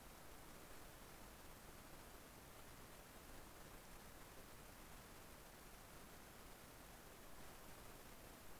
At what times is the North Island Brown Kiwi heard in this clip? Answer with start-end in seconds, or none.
none